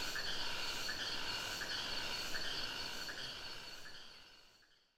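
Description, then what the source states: Cicada song, an even high buzz with regular faint pulses, gradually fading away toward the end. Singing, recorded close to a river in the Sumatra jungle, Ketambe, Aceh region, with a Sony PCM D50 recorder.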